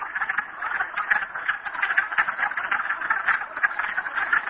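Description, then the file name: Many frogs croaking together, their quick rattling calls overlapping into an unbroken, buzzing mid-pitched chorus with small swells in volume. "frogs merryspring"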